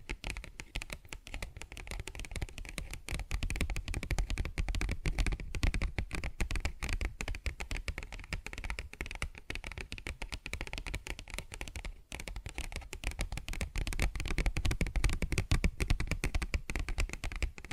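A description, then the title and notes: Fingers tap and scratch on a paper bag in a quick, dense patter that runs steadily for the whole recording, like rapid typing. The crinkly taps are crisp, with a soft low rumble underneath and a brief pause near the twelve-second mark. ASMR Paper Bag Tapping and Scratching Sounds (No Talking).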